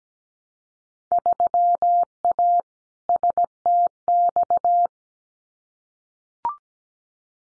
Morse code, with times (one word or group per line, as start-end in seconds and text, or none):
1.1-2.6 3A
3.1-4.9 STX